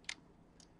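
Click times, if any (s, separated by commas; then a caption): 0.1 s. A gear on a DTG Viper 2 printer is turned by hand so the capping station's locking tab retracts into the machine. A sharp, bright click sounds at 0.1 s, with a faint tick just before it and another soft tick at 0.6 s. The tab releases and the print head carriage is unlocked and free.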